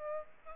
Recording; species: mosquito wingbeat signal from an infrared sensor; Aedes aegypti